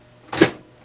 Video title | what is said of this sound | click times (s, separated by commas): Canon MF445dw - How to Change Your Toner - Onyx imaging | should slide right in once you hear it click you know it's in | 0.3 s